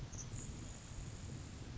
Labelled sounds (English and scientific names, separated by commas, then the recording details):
Grasshopper Sparrow (Ammodramus savannarum)
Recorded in Sonoma County, California